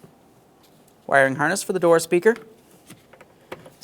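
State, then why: Seated. A door speaker wiring harness plug on a 2009-2014 Nissan Maxima door is lined up and pressed in after someone talks. Soft handling noises follow, then a click at 3.5 s as the connector seats.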